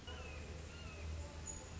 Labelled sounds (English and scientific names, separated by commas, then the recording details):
Red-shouldered Hawk (Buteo lineatus)
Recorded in Sonoma County, California